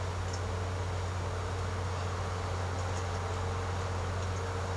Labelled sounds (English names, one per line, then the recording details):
none
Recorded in secondary vegetation near Puerto Asís, Putumayo, Colombia, on 19 March 2025 at 12:30
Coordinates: 0.468, -76.324
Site G059